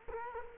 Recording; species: mosquito wingbeat signal from an infrared sensor; Culex quinquefasciatus